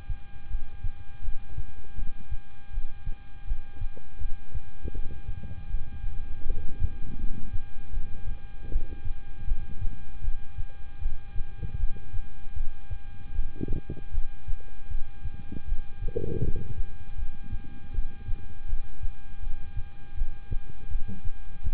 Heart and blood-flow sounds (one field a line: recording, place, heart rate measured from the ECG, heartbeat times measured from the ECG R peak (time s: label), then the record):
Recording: heart sounds by stethoscope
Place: between the tricuspid and mitral areas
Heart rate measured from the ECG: 79 bpm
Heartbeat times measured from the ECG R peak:
0.48 s: heartbeat
1.22 s: heartbeat
1.96 s: heartbeat
2.71 s: heartbeat
3.45 s: heartbeat
4.18 s: heartbeat
4.92 s: heartbeat
5.68 s: heartbeat
6.44 s: heartbeat
7.17 s: heartbeat
7.90 s: heartbeat
8.69 s: heartbeat
9.45 s: heartbeat
10.21 s: heartbeat
10.99 s: heartbeat
11.77 s: heartbeat
12.54 s: heartbeat
13.32 s: heartbeat
14.11 s: heartbeat
14.88 s: heartbeat
15.65 s: heartbeat
16.41 s: heartbeat
17.16 s: heartbeat
17.92 s: heartbeat
18.66 s: heartbeat
19.40 s: heartbeat
20.15 s: heartbeat
20.88 s: heartbeat
21.62 s: heartbeat
From the record:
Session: rest, lying down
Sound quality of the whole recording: good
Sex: male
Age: 26 years